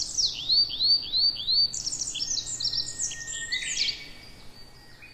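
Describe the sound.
Tree pipit singing a run of several slurred whistles, then a fast, dense high trill that fades out over the last second.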